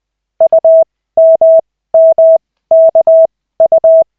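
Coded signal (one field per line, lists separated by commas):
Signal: Morse code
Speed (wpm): 20 wpm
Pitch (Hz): 650 Hz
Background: none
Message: UMMKU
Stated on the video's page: Koch method Morse practice session from LCWO lessons, two characters stage.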